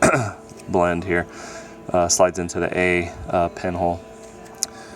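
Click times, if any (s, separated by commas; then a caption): 4.6 s. Someone talks while a wire terminal pin is slid fully into its slot in a new plastic fog-light connector housing. A short, sharp click at 4.6 s marks the pin locking in place, seated.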